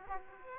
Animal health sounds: mosquito wingbeat signal from an infrared sensor; Aedes aegypti

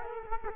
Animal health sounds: mosquito wingbeat signal from an infrared sensor; Culex quinquefasciatus

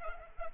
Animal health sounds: mosquito wingbeat signal from an infrared sensor; Culex pipiens

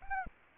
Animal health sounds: mosquito wingbeat signal from an infrared sensor; Anopheles arabiensis

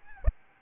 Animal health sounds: mosquito wingbeat signal from an infrared sensor; Aedes albopictus

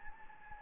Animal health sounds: mosquito wingbeat signal from an infrared sensor; Anopheles gambiae

